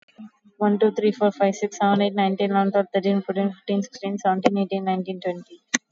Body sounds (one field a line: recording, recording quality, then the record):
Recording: counting at a fast pace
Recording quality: excellent, no background noise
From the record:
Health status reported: COVID-19 positive, mild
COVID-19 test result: positive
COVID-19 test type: RT-PCR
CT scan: not taken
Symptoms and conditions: cough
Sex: female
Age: 18 years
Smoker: no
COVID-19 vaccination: none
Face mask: worn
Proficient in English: yes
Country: India